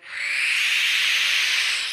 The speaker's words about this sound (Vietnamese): Vừa nhìn thấy chú Thuấn mở tấm di đô là con mèo bất giác ngẩng mặt lên, nhìn về phía của chú kêu lên một tiếng.